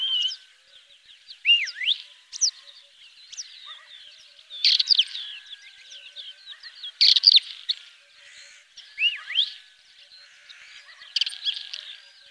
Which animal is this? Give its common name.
Isabelline Wheatear